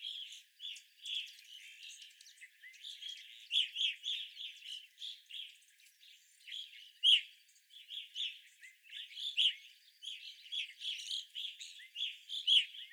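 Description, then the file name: Evening grosbeak calls, frequent chattering chirps from a group, irregular and overlapping, with occasional louder notes. Evening grosbeaks, several birds, recorded 25 April 2021. "2021-04-25 Evening Grosbeaks"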